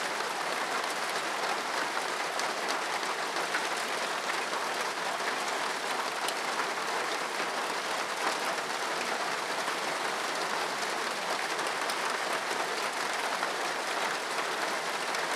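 Rain patters on a tin roof in a dense, steady hiss of countless tiny taps that never lets up. The sound is bright and crackling, with little low end and no distinct thunder or other events through the fifteen seconds.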